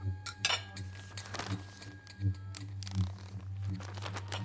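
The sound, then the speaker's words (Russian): A fork scrapes and clinks against a plate as leftover omelette is pushed into a clear plastic bag, with short crinkling rustles between the taps over a steady low hum. “Вилкой Шон кладет остатки омлета в прозрачный пакет.”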